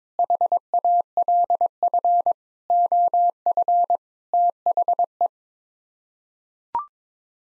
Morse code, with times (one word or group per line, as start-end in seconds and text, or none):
0.2-2.3 HALF
2.7-4.0 OF
4.3-5.3 THE